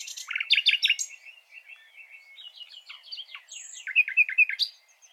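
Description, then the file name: Common nightingale song with sharp high notes, a soft warbling stretch, then a burst of quick varied chirps at the end. "Luscinia megarhynchos"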